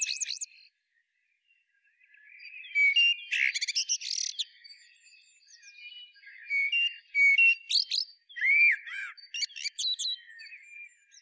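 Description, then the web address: Common blackbird song: several mellow fluted warbles, each breaking into a high, squeaky twittering flourish, phrases following one another with short pauses. "SETE Turdus merula"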